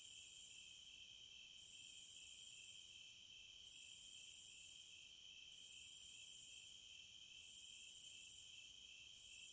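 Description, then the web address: Cicadas buzzing in long, harsh, high bursts of about a second and a half, separated by brief lulls, over a steady background drone of insects. Cicadas in the American wilds. "Echoes of Nature - American Wilds 06 Cicadas"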